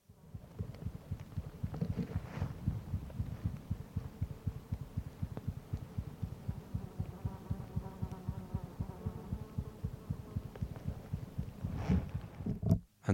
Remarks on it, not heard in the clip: The young, now 35 days old. They often sat right on top of the microphone, enabling me to hear the heartbeat of a sleeping wild osprey, pumping away at over 200 beats a minute.